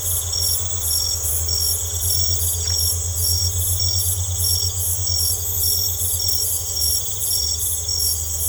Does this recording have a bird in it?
no